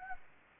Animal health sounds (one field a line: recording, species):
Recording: mosquito wingbeat signal from an infrared sensor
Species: Anopheles gambiae